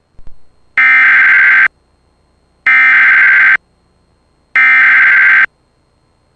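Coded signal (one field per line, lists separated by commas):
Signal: Emergency Alert System (SAME) tones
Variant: header bursts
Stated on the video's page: Flash Flood Warning EAS alert captured on TV.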